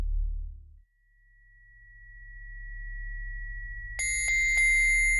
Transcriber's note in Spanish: Sonido de tinitus